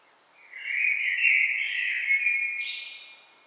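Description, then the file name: Common blackbird singing one mellow, warbled fluting phrase that ends in a brief, high, squeaky flourish. "Turdus merula"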